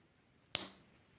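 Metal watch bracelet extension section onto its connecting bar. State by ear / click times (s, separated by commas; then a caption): seated / 0.5 s. The quick-release extension section of a Pagani Design metal watch bracelet, used to lengthen a bracelet that is too small, is pushed back onto its middle connecting bar. One sharp, loud click rings out at 0.6 s and fades quickly, with near silence before and after. The section is seated and clicked into place.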